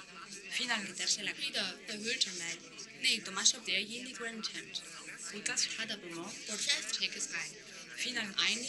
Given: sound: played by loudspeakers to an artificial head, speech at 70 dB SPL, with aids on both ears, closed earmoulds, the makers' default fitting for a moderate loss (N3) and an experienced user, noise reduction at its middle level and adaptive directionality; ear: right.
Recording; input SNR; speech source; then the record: speech test signal (ISTS) in cocktail-party noise; +3 dB; in front (0 degrees)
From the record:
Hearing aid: class 1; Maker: J